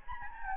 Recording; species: mosquito wingbeat signal from an infrared sensor; Anopheles gambiae